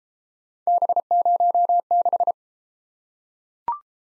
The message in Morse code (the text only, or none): B06